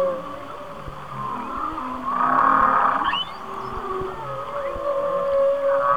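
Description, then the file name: Whale song of drawn-out tonal moans and a long, level high whistle, with a faint rising squeal near the middle and soft low groans throughout. "Whale Songs- Mike Mc Donald"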